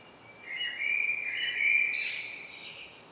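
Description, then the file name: Common blackbird song, a fluted, wavering phrase that ends in a higher, thin twittering flourish, heard clearly over light background hiss. "Turdus merula"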